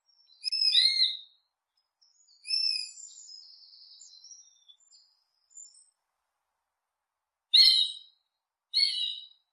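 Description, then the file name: A hawk screams, then draws out a long wavering whistle; after a pause come two short, sharp calls. Hawk calling while hunting prey. "Tieng dieu hau san moi"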